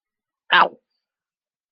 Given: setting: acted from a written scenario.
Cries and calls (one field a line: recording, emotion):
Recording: vocal sound without words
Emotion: pain